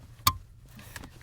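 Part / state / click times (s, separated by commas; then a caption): vehicle wiring harness plastic connector into its stock socket / seated / 0.3 s. A factory vehicle wiring harness plastic connector is pushed back into its stock socket with the clip facing down until it latches. A sharp, bright click rings out at 0.3 s, followed by a few faint soft taps and handling noise. The connector is seated.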